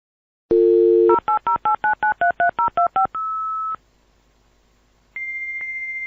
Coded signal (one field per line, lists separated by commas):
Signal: dial-up modem handshake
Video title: Modem Sound Effect